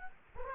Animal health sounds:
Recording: mosquito wingbeat signal from an infrared sensor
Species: Culex quinquefasciatus

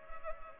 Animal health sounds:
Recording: mosquito wingbeat signal from an infrared sensor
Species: Culex pipiens

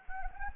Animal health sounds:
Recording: mosquito wingbeat signal from an infrared sensor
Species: Anopheles arabiensis

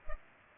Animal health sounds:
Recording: mosquito wingbeat signal from an infrared sensor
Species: Culex pipiens

